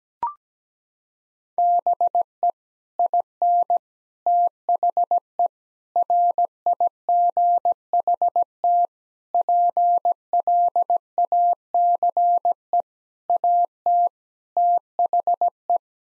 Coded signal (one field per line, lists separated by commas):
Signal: Morse code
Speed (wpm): 17 wpm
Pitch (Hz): 700 Hz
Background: none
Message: BE IN THE RIGHT PLACE AT THE